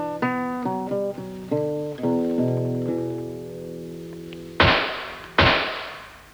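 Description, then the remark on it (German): Two sharp, loud pistol shots, under a second apart, each with a short fading tail, fired at the hunting lodge of Mayerling, property of Archduke Rudolf, Crown Prince of Austria-Hungary. They follow a passage of sustained musical notes that die away just before. “Hast du gehört? Zwei Pistolenschüsse.”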